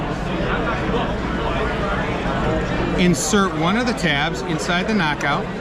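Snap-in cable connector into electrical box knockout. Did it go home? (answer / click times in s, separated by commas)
no / none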